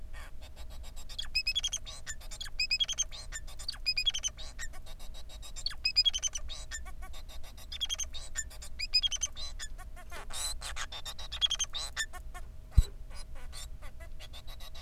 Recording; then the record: song of a male Bengalese finch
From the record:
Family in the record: son of father 4